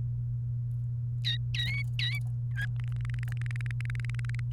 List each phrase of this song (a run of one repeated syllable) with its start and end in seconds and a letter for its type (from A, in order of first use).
1.54-2.19 A, 2.51-2.65 B, 2.88-4.40 C